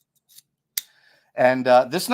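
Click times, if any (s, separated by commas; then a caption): 0.8 s. A belt clip that was popped out and spun around is pushed back into a folding knife handle. After a faint scrape around 0.4 s, a sharp, loud click at 0.8 s marks the clip seating in place. Someone then talks.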